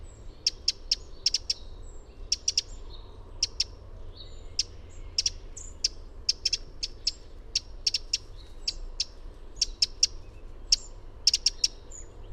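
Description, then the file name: Eurasian wren calling with hard, clicking tics, often doubled or tripled, spaced unevenly throughout, with a faint low hum underneath. "Troglodytes troglodytes"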